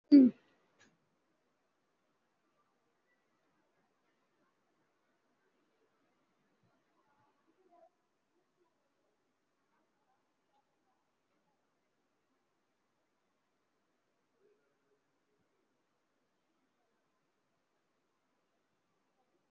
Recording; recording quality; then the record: shallow breathing; poor, much background noise or distortion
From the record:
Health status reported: COVID-19 positive, no symptoms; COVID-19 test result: positive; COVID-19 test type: RT-PCR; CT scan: not taken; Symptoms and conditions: breathing difficulty, diabetes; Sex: male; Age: 58 years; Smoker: no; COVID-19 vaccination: both doses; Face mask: worn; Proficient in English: yes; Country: India